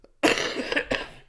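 Two harsh, noisy cough bursts about two-thirds of a second apart, the first drawn out and rough, the second shorter. A productive cough in an adult with leftover phlegm, still somewhat sick and taking amoxicillin; it sounds like a sick third-grader's cough.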